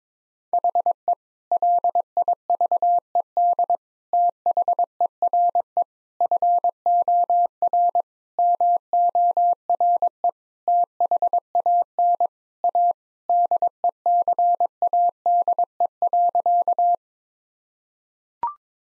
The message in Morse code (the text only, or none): HE LIVED THERE FOR MORE THAN A DECADE.